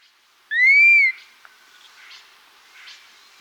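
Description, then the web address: Dusky-capped flycatcher giving a single clear whistle that rises and gently falls, followed by soft faint chips in the background. Subspecies atriceps; Andean birds of South America. "Natures Songs S America Andean Birds. Dusky-Capped Flycatcher (Myiarchus Tuberculifer Atriceps)"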